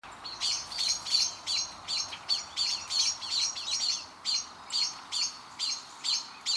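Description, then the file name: Eurasian blackbird calling in a steady run of many hard, bright chink notes at a quick, even pace over a soft hiss. "Turdus merula"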